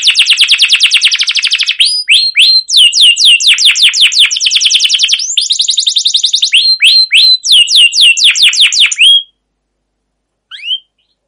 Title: CUIT CUIT NGEROL LANGSUNG GACOR PANJANG Kenari Ini Utk Pancingan KENARI